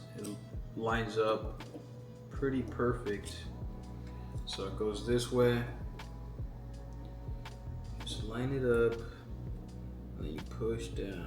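A memory module is turned the right way and lined up over a motherboard slot before being pushed in. Someone talks over background music, with a few faint short ticks. Nothing has seated or clicked yet.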